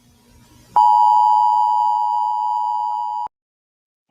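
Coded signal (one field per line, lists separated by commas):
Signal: Emergency Alert System (SAME) tones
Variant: 853 and 960 Hz attention tone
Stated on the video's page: EAS tones in a made-up emergency alert scenario, not a real broadcast.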